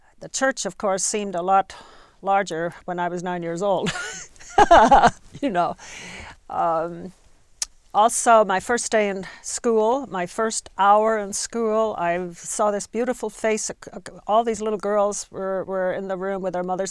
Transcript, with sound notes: The church, of course, seemed a lot larger when I was nine years old (she laughs) you know. Also, my first day in school, my first hour of school, I saw this beautiful face, all these little girls were in the rear with their mothers.